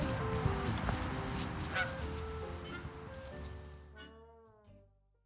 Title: What’s Up With All The Geese In Chicago?